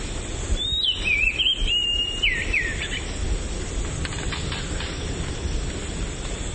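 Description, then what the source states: Oriental Magpie-Robin: one rich whistled phrase of rapid rising and falling notes, lasting about two and a half seconds, then quieter with faint chirps and low background hum. Subspecies Copsychus saularis musicus.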